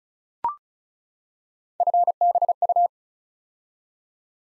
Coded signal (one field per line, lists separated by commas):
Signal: Morse code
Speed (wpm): 36 wpm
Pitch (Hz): 700 Hz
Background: none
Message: FBU